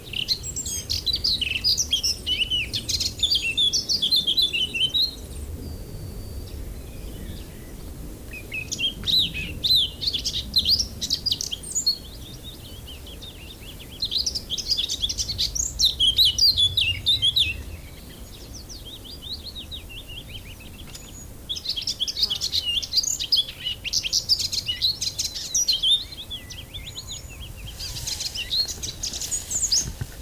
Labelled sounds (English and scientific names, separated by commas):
Eurasian Blackcap (Sylvia atricapilla) song